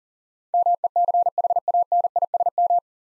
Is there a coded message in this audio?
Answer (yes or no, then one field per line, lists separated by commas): yes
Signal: Morse code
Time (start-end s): 0.5-2.8 s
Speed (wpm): 38 wpm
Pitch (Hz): 700 Hz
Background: none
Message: MECHANISM